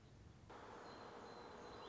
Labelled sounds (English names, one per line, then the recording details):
Song Sparrow
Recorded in Sonoma County, California